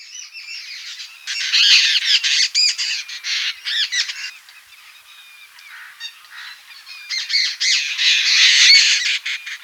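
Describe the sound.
Jungle babbler chatter, grating squawky notes in quick series, fading briefly before a loud harsh burst returns.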